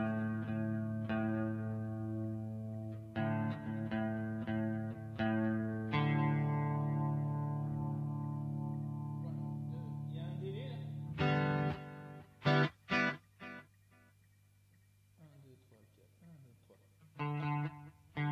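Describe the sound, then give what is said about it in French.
Instrument tones drenched in heavy reverb, notes smearing into long sustained washes, followed by a few sharp plucked bursts that ring out and fade against a steady low hum. “Vachement de réverb sur ces trucs.”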